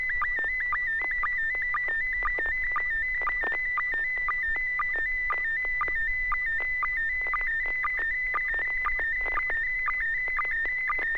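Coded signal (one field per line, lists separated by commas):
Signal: SSTV (slow-scan television)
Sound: warbling high tone with steady rhythmic clicks about twice a second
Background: low steady hum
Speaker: Yes, indeed. A very melodious tone indeed. Go ahead 120.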